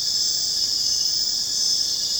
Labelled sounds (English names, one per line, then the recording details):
none
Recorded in secondary vegetation near Puerto Asís, Putumayo, Colombia, on 29 June 2025 at 21:30
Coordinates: 0.484, -76.319
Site G074